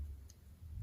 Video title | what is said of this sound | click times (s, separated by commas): Islander ISL-84 - Did I make the right choice? | Just make sure it snaps into place. Should be good. | 0.3 s